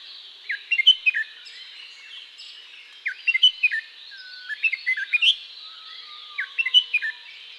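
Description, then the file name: Red-whiskered bulbul song, cheerful clusters of sharp whistled chirps returning about every two seconds, against a continuous high buzzing background and long falling whistles. "Red whiskered Bulbul Pycnonotus jocosus"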